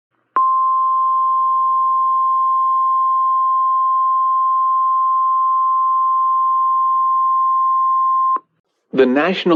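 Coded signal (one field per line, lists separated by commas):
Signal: Emergency Alert System (SAME) tones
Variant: 1050 Hz attention tone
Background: speech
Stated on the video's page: Simulated EAS alert, a mock for a fictional blizzard.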